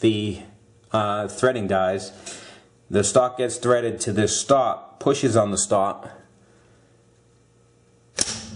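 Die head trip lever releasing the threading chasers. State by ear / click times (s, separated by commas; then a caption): released / 8.2 s. Someone talks about a used self-opening threading die head, then pushes on its stop. At 8.2 s the trip lever releases with one sharp metallic snap, and the die chasers spring back to their relaxed, open position.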